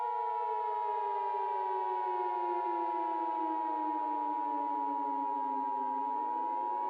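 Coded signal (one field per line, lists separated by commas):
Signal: Emergency Alert System (SAME) tones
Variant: 853 and 960 Hz attention tone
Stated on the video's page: Mock EAS alarm for Washington DC.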